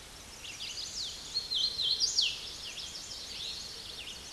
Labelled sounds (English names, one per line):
Hooded Warbler song